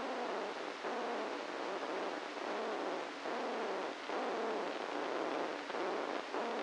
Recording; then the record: brain microelectrode recording played as sound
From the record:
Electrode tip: inside the subthalamic nucleus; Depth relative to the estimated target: -1 mm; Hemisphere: right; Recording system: NeuroSet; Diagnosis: Parkinson's disease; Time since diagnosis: 17 years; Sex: male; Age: 64 years